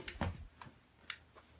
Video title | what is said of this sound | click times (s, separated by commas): Screwfix Titan TTB276DRL 850w Percussion Drill Review + Unboxing | But if you listen, you can hear it clicking in. | 0.1 s, 1.1 s